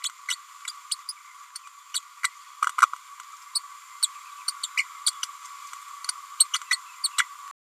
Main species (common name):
Green-rumped Parrotlet